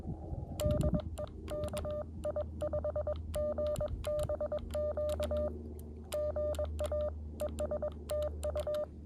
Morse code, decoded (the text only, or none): DE KI5GBQ GA ES TU